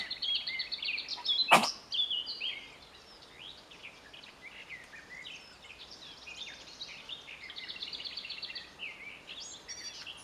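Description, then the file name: Eurasian blackcap with a buzzy, chattering warble, interrupted early by a loud sharp click, then continuing as quieter scratchy phrases. "Sylvia atricapilla"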